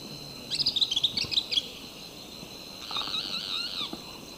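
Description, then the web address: Sulphury flycatcher song: a quick run of high, squeaky chirps for about a second, then a buzzy, wavering phrase a little later, over faint background hiss. Two birds singing and calling; recorded in the eastern lowlands of South America. "Natures Songs S America Eastern Lowlands. Tyrannopsis sulphurea, song and calls 2 birds"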